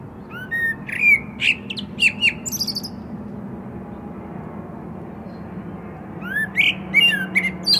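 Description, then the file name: Common blackbird song: two phrases, each of low fluted whistled notes ending in a high squeaky twitter, separated by a pause of about three seconds, over steady low traffic rumble. "Turdus merula"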